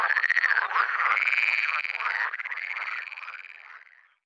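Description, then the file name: Water frog giving one long, rapidly pulsed rattling croak that holds steady, then fades out over its final second. "Grenouille verte"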